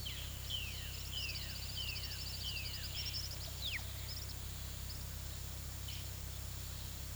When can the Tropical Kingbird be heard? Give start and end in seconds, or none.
0.92-5.06